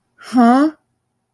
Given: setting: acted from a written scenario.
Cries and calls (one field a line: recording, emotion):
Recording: vocal sound without words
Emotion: disappointment